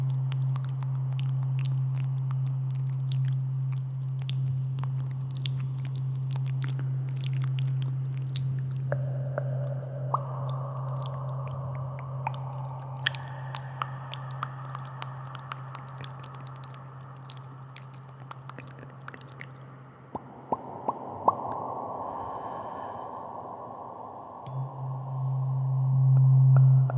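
Intense mouth sounds with tuning fork tones: a steady low hum, crisp clicks and smacks, and ringing tones appearing after ten seconds.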